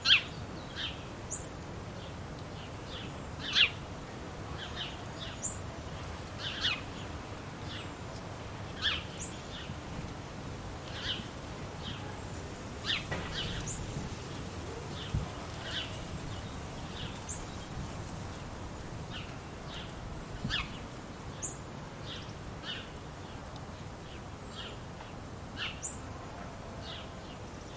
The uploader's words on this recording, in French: Sons enregistrés à Clermont-Ferrand pendant le confinement, lors de plusieurs sorties dans un périmètre de 1km.